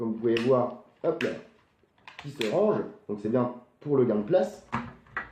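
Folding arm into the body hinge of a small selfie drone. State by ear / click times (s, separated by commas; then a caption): seated / 5.2 s. A plastic folding arm on a small selfie drone is swung out on its body hinge until it locks open. Someone talks over most of the clip, then a sharp click is heard at 5.2 s, showing the arm is fully unfolded and seated.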